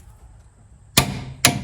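A torque wrench on a removal tool turns clockwise to tighten the inner tie rod on the steering rack of a 2005–2012 Chevrolet Colorado/GMC Canyon 3.7-liter four-wheel drive to 74 ft-lb. After near silence, two sharp clicks sound at 1.0 s and 1.5 s, confirming the wrench has reached its 74 ft-lb setting.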